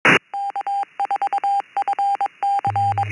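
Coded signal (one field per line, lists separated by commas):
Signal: Morse code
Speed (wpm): 22 wpm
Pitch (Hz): 800 Hz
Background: none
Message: K4FC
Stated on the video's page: Recording of the East Coast Reflector Tech Net heard by a shortwave listener.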